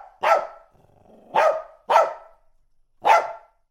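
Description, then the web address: Dog barking, four loud single barks, the second and third close together and the others about a second apart. "animal dog"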